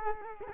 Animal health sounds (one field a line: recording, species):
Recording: mosquito wingbeat signal from an infrared sensor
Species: Culex quinquefasciatus